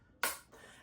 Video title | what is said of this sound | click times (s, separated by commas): Diamond Art Club Black Friday First Look! – Welcome to My Room! By gubufamily | And eventually when you get it back to the top, you'll hear a click. | 0.2 s